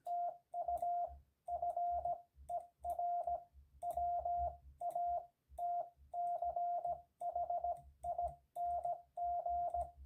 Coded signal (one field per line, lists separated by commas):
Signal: Morse code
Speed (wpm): 18 wpm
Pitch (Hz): 700 Hz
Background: none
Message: TU FER WATCHING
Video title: A Tribute to Marconi + My Story: the first CW I ever copied